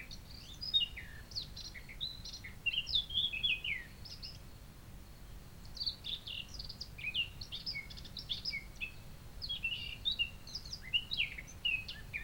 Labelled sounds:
Eurasian Blackcap song
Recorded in the wild
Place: Ossiach, Ossiachersee, Kärnten, AT
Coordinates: 46.6724, 13.9494
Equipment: Hornyphon, Phillips Mikrofon
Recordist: Brunner, Thomas
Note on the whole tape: Mönchsgrasmücke, Gesang. Ossiachersee, oberhalb des Hansbauer. Anfang Mai 1959

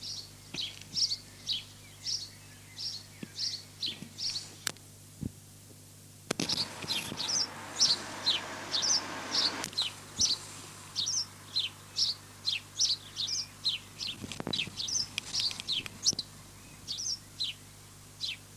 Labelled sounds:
House Sparrow song
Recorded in the wild
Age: adult
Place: Lübars, Benekendorffstraße, Berlin, DE
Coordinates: 52.6167, 13.3469
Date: 2006-04-30 19:00
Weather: sunny, 12°C
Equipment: Grundig CR 110, Sennheiser ME 80, Kopie Uher 4000 Report Monitor
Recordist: Tembrock, Günter

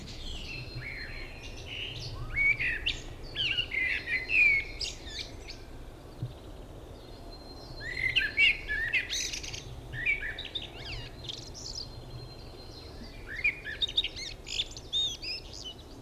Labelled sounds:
Common Blackbird song
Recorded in the wild
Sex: male
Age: adult
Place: Summt, am Buchenberg, Brandenburg, DE
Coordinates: 52.695, 13.3594
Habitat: spruce thicket
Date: 1975-05-02 12:33
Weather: sunny, few clouds, 16°C
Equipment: Uher CR 210, Sennheiser MD 421, Reflektor, Verstärker, Kopie Uher 4200
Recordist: Tembrock, Günter

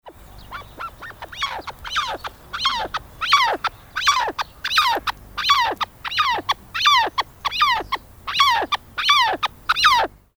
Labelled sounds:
Arabian Partridge
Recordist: Tembrock, Günter
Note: Langgezogene Rufreihen eines Männchens

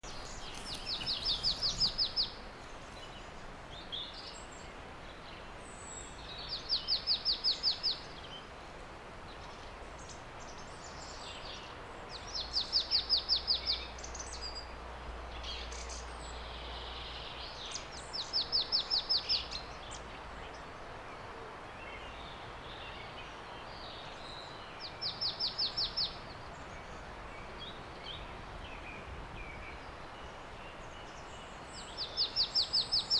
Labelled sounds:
Marsh Tit song
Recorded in the wild
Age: adult
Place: Kleinbobritzsch, Erzgebirge, Sachsen, DE
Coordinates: 50.8139, 13.5439
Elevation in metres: 530
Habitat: wood
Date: 2008-03-28 14:34
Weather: fair, 8°C, moderate wnds
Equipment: Sound Devices 702, Sennheiser MKH 70, Windkorb
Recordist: Frommolt, Karl-Heinz

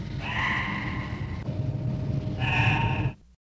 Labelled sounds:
Andean Cock-of-the-rock call
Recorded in captivity
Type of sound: call
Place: Tierpark Berlin, Berlin, DE
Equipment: Halbspur, 9,5 cm/s
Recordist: Lütgens, Hans
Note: Rufe

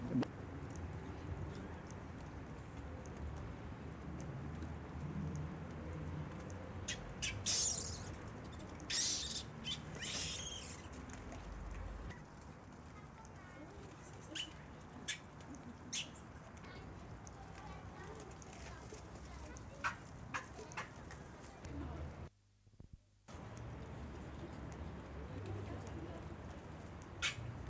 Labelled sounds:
Gelada
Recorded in captivity
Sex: group
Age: diverse
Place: Tiergarten Wilhelma/Stuttgart, Baden-Württemberg, DE
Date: 2005-03-14 15:30
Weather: heiter, 5-8°C
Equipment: Sony WM-D6C, Sony ECM-MS 907, Kopie Uher 4000 Report Monitor
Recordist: Tembrock, Günter

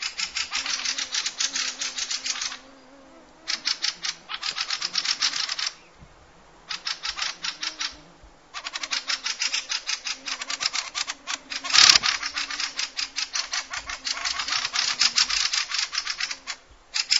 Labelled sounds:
Fieldfare alarm call
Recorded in the wild
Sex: pair
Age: adult
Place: Halbinsel Kindo, Karelien, RU
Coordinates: 66.5481, 33.1189
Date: 1995-06-20 23:32
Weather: fair, 15°C
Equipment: Sony TCD-D3, Sennheiser MKH 70, Windkorb
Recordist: Frommolt, Karl-Heinz
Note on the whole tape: Quartal 25: Paar - Warnen in Nestnähe. Beobachter war 6 m vom Nest entfernt. Entfernung zu den Tieren minimal 3 m. Tiere gesehen. Topaufnahme

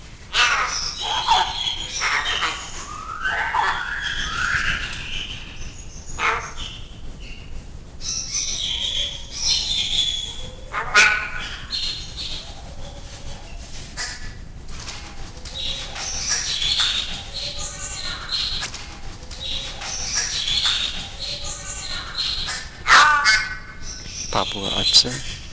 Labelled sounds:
Yellow-faced Myna call
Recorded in captivity
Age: adult
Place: Zoo Berlin, Berlin, DE
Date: 2002-01-03 10:04
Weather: sunny, -6°C
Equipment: Marantz CP 130, Sennheiser MKH 416, Kopie Uher 4000 Report Monitor
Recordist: Tembrock, Günter

